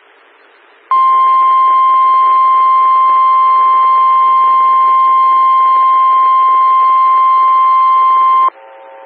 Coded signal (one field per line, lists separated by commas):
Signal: Emergency Alert System (SAME) tones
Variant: 1050 Hz attention tone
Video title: 2014-05-11 - WX9MCS 147.255 MHz SKYWARN Repeater